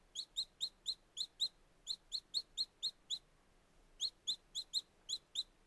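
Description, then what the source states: Chicken chicks peeping in fast runs of piercing high notes, about four a second, with two short breaks. Very young chicks.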